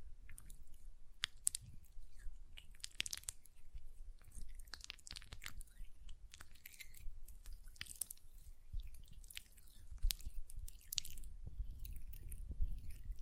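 Hand sounds with nail tapping and lotion: sharp, bright clicks and crackles come in quick irregular bursts, with short wet squishy rubbing between them. A soft low rumble sits underneath throughout, and a few louder taps stand out near ten and twelve seconds.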